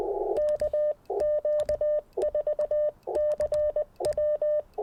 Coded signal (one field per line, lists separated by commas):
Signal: Morse code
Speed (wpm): 20 wpm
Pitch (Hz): 590 Hz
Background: none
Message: K Q4CW